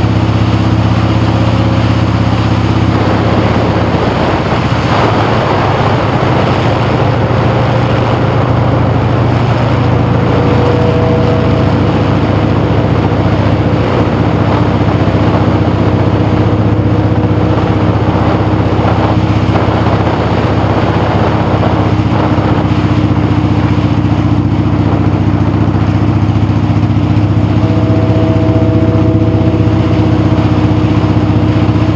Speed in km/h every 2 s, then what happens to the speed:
44, 44, 37, 37, 35, 39, 44, 40, 44, 48, 48, 45, 39, 39, 47, 45.
0-7 slows to 35. 7-19 speeds up to 48. 19-24 slows to 39. 24-32 steady at about 39.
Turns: none.